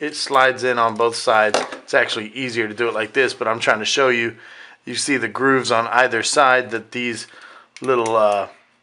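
A plastic palm-rest extension is being slid onto the rear of a GAMDIAS APOLLO Extension optical gaming mouse shell, with its small tongues lined up to enter the grooves on both sides. Someone talks almost continuously while the parts are handled. Nothing has seated or clicked yet.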